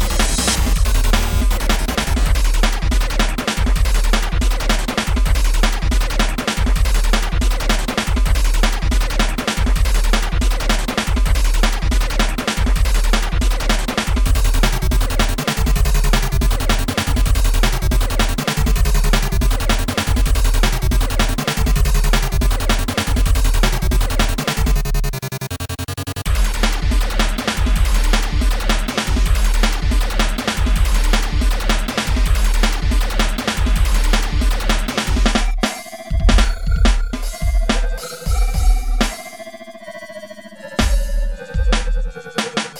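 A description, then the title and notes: Dense, driving video game console music with a steady thumping low beat and bright buzzy tones, breaking briefly near 25 seconds, then stuttering sweeps after 35. The sounds of my very first video game console.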